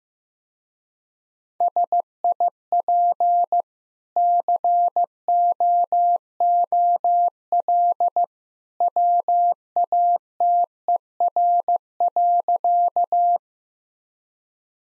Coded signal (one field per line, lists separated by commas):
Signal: Morse code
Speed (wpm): 15 wpm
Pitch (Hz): 700 Hz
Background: none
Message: SIP COOL WATER.